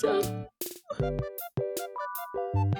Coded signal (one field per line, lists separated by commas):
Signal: none